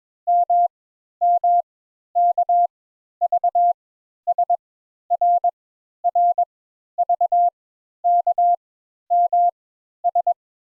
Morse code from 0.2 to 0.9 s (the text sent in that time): M